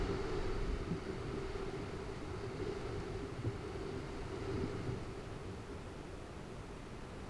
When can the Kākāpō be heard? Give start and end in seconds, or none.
none